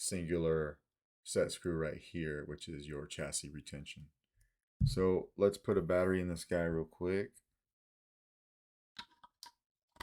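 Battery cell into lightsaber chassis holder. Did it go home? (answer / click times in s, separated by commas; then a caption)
no / none. Someone talks about the single set screw that retains the chassis of a K.Y. Lightsabers "Jedi Killer" lightsaber with Proffie, then begins handling a lithium-ion cell at the chassis's battery holder. Faint ticks and taps are heard around 9.0, 9.3, 9.4 and 10.0 seconds. The battery has not snapped into the holder yet; nothing has seated.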